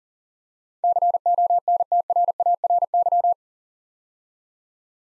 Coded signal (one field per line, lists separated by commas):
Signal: Morse code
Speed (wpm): 40 wpm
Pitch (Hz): 700 Hz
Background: none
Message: CONTRARY